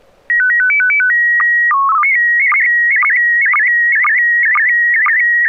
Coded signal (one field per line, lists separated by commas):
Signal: SSTV (slow-scan television)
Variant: PD 120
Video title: N6NA SSTV Net - 12/11/2024